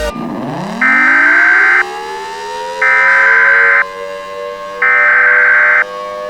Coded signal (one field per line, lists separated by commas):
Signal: Emergency Alert System (SAME) tones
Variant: header bursts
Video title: EAS Scenario: Angry Skies in the Ozarks